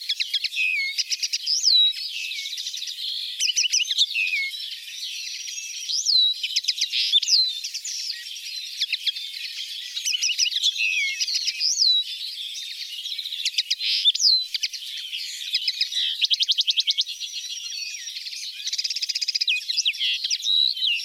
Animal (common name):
Common Linnet